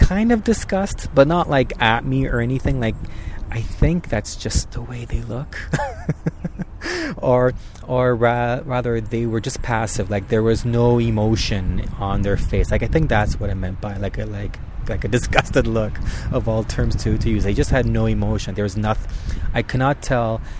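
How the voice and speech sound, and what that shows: Adult man who stutters speaking with a stretched filler, a part-word repetition on 'rather', and repeated 'like', consistent with stuttering.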